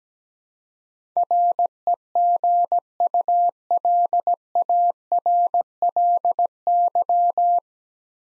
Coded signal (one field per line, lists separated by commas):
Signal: Morse code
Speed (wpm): 17 wpm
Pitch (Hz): 700 Hz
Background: none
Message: REGULARLY